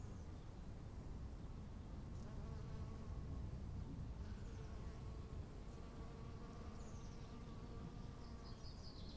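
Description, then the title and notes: Bees buzzing as a steady, soft hum, with faint high bird chirps and a low wind rumble. Bees on a field path to a chapel, Wachendorf, 15:15, with birds, wind and stillness around. "feldweg zur bruder-klaus-kapelle, bienen"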